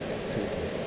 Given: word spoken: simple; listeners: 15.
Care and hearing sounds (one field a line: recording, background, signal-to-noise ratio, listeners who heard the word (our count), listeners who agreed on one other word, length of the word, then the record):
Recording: one English word in noise, from a listening test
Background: speech-shaped noise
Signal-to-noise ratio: -4.4 dB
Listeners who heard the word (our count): 0 of 15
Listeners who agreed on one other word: 7 of 15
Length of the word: 0.48 s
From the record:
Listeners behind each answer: 7, 1, 1, 1, 1, 1, 1, 1, 1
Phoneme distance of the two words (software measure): 47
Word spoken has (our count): 2 syllables, 5 phonemes, stress on syllable 1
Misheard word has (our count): 2 syllables, 6 phonemes, stress on syllable 1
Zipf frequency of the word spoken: 5.07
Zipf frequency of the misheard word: 3.78